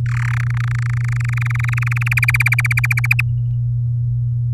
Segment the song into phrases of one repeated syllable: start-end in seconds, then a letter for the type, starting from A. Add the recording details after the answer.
0.06-0.41 A, 0.43-2.14 B, 2.17-3.07 C, 3.11-3.21 D. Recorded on 7 May 2018 at 16:55. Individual llb16